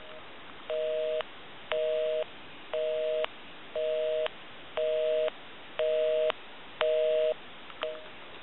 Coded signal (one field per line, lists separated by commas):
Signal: telephone call progress tone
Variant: North America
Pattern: busy tone